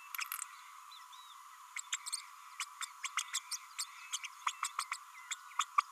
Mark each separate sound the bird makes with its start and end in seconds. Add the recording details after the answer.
1.76-1.80, 1.92-1.96, 2.59-2.65, 2.81-2.85, 3.03-3.08, 3.17-3.23, 3.33-3.39, 3.51-3.56, 3.78-3.84, 4.12-4.16, 4.23-4.26, 4.46-4.52, 4.62-4.67, 4.79-4.84, 4.91-4.96, 5.30-5.34, 5.59-5.63, 5.78-5.82. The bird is a female. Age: 30 days. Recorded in a nest box in Venezuela. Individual 17B32A5